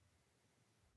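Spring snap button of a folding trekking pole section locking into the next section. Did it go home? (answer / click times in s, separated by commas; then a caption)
no / none. Folding aluminium Trekology trekking pole sections are handled as they are pushed together toward the spring-loaded snap-out button locking into its hole in the next section. Only a quiet, steady low rustle and hiss is heard, with no distinct hits. Nothing has seated or clicked yet.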